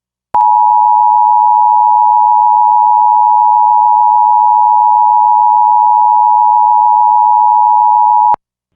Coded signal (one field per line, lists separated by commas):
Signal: Emergency Alert System (SAME) tones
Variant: 853 and 960 Hz attention tone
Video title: EAS #715: EAS Required Monthly Test- Nov. 7, 2022- 2:45PM PST